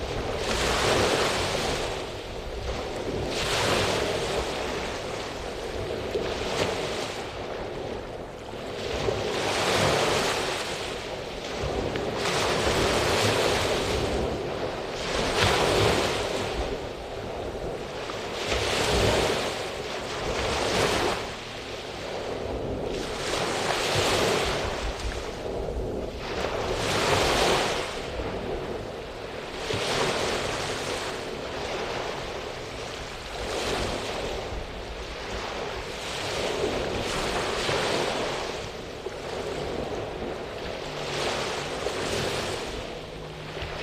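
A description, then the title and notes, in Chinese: Waves wash steadily onto a warm beach, breaking every few seconds in bright hissing surges over a constant low rumble of surf. 海浪涛涛·煦日暖滩。暖滩日落，海浪拨弄着珊瑚贝壳的声音。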